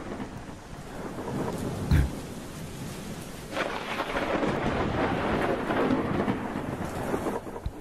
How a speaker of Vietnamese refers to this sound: Thế rồi trái với quy luật của thiên địa, trong cái tiết trời đầu thu vốn dĩ phải mát mẻ trong lành thì đổ xuống một trận mưa tầm tã, kéo theo sấm sét đùng đùng.